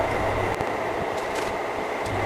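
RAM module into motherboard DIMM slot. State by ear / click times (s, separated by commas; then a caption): not seated / none. A RAM module is lined up with the keyed notch on a motherboard DIMM slot before being pressed in, and a steady broadband hum with a faint tone near 2 kHz fills the clip. No sudden sounds stand out, and the RAM has not seated or clicked yet.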